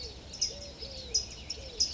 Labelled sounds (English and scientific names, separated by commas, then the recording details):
Eurasian Collared Dove (Streptopelia decaocto)
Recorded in Sonoma County, California